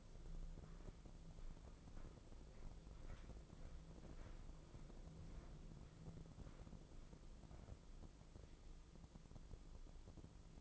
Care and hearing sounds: daily activity, microphone in the room; walk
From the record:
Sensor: 5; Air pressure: 996.1 hPa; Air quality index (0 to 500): 248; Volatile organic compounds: 524 ppm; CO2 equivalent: 4851 ppm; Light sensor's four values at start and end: 190/455/193/212 and 189/453/193/211

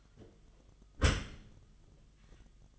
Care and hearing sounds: daily activity, microphone in the room; close dishwasher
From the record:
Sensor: 4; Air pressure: 1005.5 hPa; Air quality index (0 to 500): 112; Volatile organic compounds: 3 ppm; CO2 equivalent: 1394 ppm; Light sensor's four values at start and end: 11/25/10/10 and 12/26/10/10

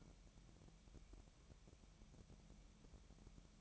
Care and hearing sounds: daily activity, microphone in the room; take from stove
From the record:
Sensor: 1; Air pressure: 1012.1 hPa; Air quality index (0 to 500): 217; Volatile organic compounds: 5 ppm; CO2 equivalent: 1738 ppm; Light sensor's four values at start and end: 72/171/72/75 and 71/170/72/75

